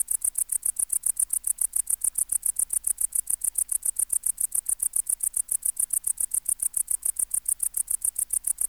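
Tettigonia hispanica bush-cricket song: a steady, high-pitched stream of dry ticking syllables, even and unbroken throughout, with faint low hum beneath.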